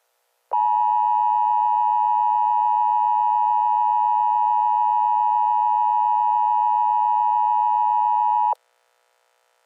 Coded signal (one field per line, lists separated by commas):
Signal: Emergency Alert System (SAME) tones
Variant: 853 and 960 Hz attention tone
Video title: EAS SCENARIO: Easter: Radioactive Eggs 4/20/2025. **HAS VALID TONES**